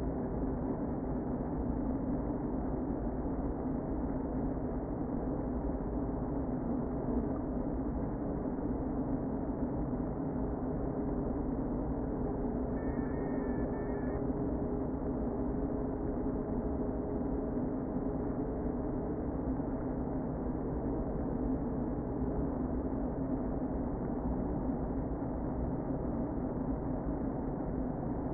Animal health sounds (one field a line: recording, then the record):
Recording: honeybee colony, microphone inside the hive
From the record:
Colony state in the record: queen present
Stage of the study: before two queens were removed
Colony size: about 60,000 bees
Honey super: yes